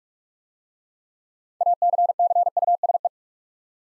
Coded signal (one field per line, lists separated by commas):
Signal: Morse code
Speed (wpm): 44 wpm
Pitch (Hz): 700 Hz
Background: none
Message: ACCUSE